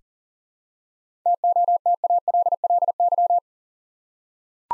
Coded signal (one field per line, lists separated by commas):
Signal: Morse code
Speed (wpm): 40 wpm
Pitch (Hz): 700 Hz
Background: none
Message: TOTALLY